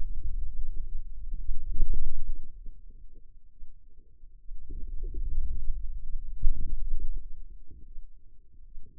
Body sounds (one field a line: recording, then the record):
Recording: forearm muscle sounds (acoustic myography)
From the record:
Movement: wrist extension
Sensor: system 2, bracelet of six BSWA MPA416 microphones around the upper forearm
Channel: 5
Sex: female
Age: 25 years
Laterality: right